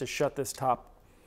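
Yellow plastic clips on a fuse block lid are handled to close and shut the top while someone talks. The clip ends before the lid goes home, so nothing has clicked or seated yet.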